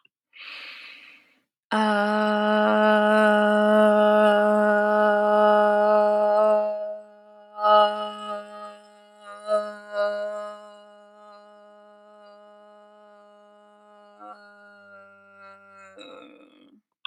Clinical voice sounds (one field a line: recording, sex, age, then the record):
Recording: vowel held as long as possible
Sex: female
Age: 20 to 29 years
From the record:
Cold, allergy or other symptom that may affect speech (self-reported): no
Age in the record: 22 years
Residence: Pennsylvania, United States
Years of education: 16